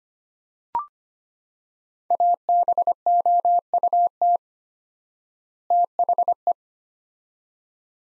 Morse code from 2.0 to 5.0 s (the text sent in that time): ABOUT